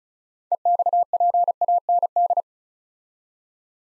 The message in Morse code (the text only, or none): EXPAND